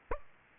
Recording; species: mosquito wingbeat signal from an infrared sensor; Aedes aegypti